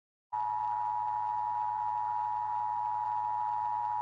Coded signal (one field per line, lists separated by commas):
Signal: Emergency Alert System (SAME) tones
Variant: 853 and 960 Hz attention tone